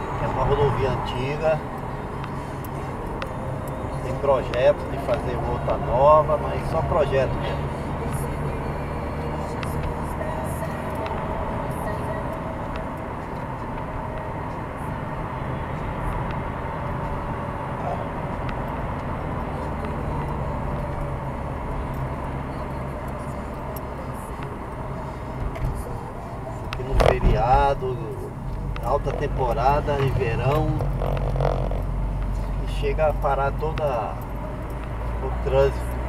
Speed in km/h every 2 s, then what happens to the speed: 45, 47, 50, 51, 51, 51, 50, 51, 51, 46, 45, 42, 39, 32, 31, 32, 37, 41.
0-8 speeds up to 51. 8-16 steady at about 51. 16-27 slows to 31. 31-36 speeds up to 41.